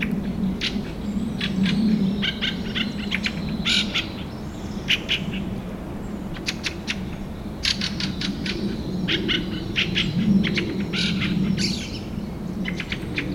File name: Drozd-ryabinnik - 25 aprelya 4 30 utra